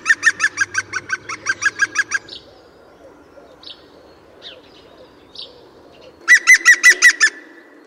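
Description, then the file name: European green woodpecker yaffling call, a rapid burst of about a dozen harsh notes, a pause with faint other bird calls, then a shorter second burst. "Dzięcioł zielony"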